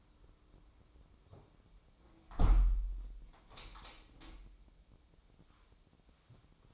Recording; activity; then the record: daily activity, microphone in the room; close window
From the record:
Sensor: 1